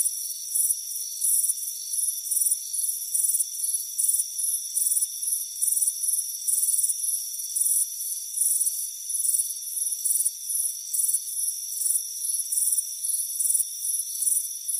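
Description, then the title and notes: Steady cricket chorus: shrill chirp bursts repeat roughly every two-thirds of a second over a constant high drone. Crickets chirping on a warm afternoon on a front porch. "Soothing Crickets Chirping Sound. It's a warm afternoon as you relax in a hammock on the front porch. Relax and fall asleep to the soothing sound of chirping crickets. Deep Sleep Sounds"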